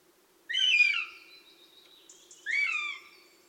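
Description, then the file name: Northern Goshawk begging calls: two drawn-out, harmonic wailing cries, each starting sharply then trailing off, about two seconds apart, with a faint low hum beneath. Begging calls of young birds at the nest; Tiveden National Park; 8 July 2011, 07:21 in the morning. "patrik berg duvhok-tigglate-boungar-tivedens-np-2011-07-08-kl 07 21"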